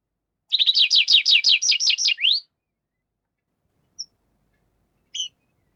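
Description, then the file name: Tree Pipit song: a rapid run of repeated slurred notes ending in a rising upsweep, followed by two brief single high notes after a pause. "Animal Tree Pipit"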